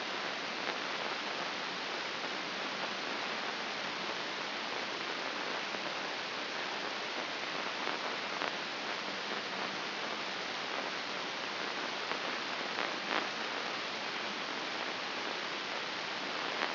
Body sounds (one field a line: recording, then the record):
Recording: brain microelectrode recording played as sound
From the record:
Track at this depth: outside the subthalamic nucleus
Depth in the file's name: 5.617 mm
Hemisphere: left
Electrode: 2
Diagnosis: Parkinson's disease